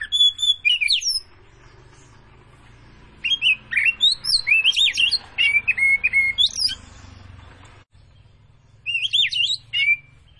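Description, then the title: Oriental magpie-robin giving bursts of sharp, twisting whistled phrases separated by pauses, over a steady low hum. Tretes form of the bird, singing vigorously (gacor). "Kacer Tretes"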